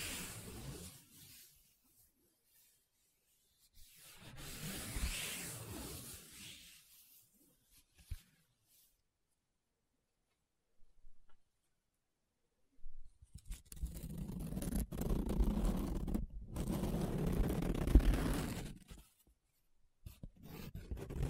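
Paper being rubbed and scratched, in separate bursts: a soft rasp at the start, a louder scraping passage around five seconds, then near silence until about thirteen seconds. A long, dense, rougher stretch of rubbing follows, with brief sharp ticks and pauses, fading near the end.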